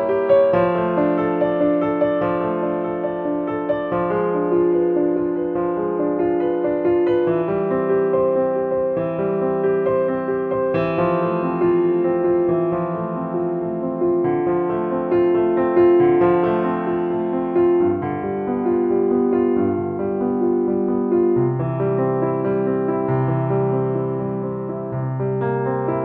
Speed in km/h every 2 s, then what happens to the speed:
64, 66, 66, 66, 66, 64, 64, 64, 64, 63, 56, 48, 45.
0-16 steady at about 64. 16-26 slows to 45.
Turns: none.